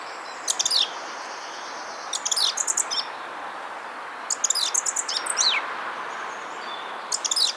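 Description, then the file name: Eurasian blackcap song: several short bursts of high chattering and twittering notes at irregular intervals over a soft background hiss. "Sylvia atricapilla"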